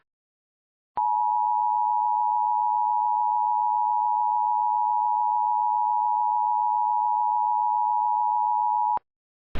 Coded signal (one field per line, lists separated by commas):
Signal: Emergency Alert System (SAME) tones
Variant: 853 and 960 Hz attention tone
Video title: (MOCK DOUBLE EAS) Civil Danger Warning for Hurricane Evacuation in Seaside Heights